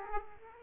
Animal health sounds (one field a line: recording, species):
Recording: mosquito wingbeat signal from an infrared sensor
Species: Aedes aegypti